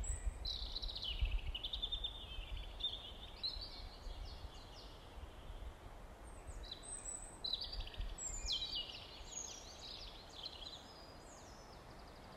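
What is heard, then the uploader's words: Forest birds sing almost continuously in a high register, with thin chirps, trills and whistles overlapping from several directions. Beneath them sits a steady low rumble of wind or noise that never lets up. Forest Birds, Hohes Venn Eifel Nature Park, Rott (Roetgen), North Rhine - Westphalia, Germany.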